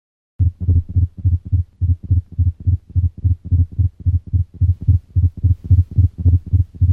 A simulated ventricular tachycardia. Paroxysmal ventricular tachycardia may have audible splitting of the heart sounds and variation in the intensity of the first heart sound.